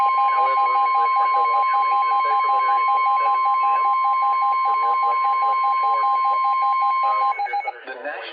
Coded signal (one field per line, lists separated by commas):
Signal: Emergency Alert System (SAME) tones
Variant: 1050 Hz attention tone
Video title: Eas alerts vid